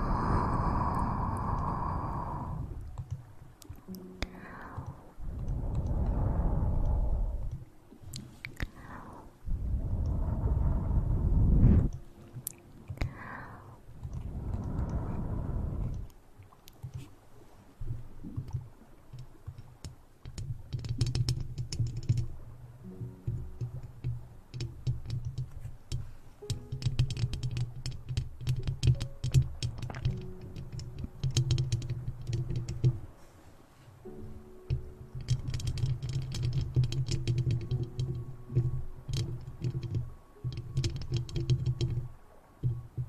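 Intense mouth sounds: for the first fifteen seconds, heavy, low, rushing bursts come in a slow series of about five swells. After that they give way to quieter, dense clicks and wet taps over a steady low hum, continuing irregularly to the end.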